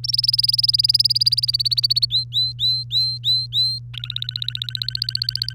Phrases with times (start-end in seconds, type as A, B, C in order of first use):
0.04-2.05 A, 2.10-3.79 B, 3.94-5.53 C